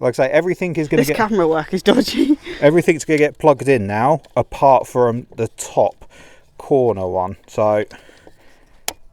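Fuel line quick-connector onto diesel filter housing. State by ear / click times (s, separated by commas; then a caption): seated / 8.9 s. A fuel line quick-connector is pushed onto the new diesel filter housing of a Freelander 2 while someone talks, then it snaps home with a sharp click at 8.9 s. The connector is seated.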